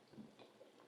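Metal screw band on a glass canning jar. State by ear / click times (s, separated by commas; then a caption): not seated / none. A metal screw band sits over a new lid on a hot glass canning jar and is turned counterclockwise by hand to find the thread, giving faint, soft scraping and light ticking sounds. Nothing has seated yet.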